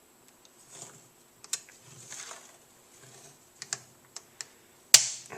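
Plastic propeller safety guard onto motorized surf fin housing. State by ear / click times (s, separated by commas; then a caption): seated / 4.9 s. A plastic propeller safety guard is pressed over the propeller area of a Boost Surfing motorized surf fin until its small nubs snap over the housing. Soft handling rustles and light plastic taps at 1.5, 3.6, 3.7 and 4.4 seconds lead to one sharp, loud snap at 5.0 seconds. The guard is seated and feels secure.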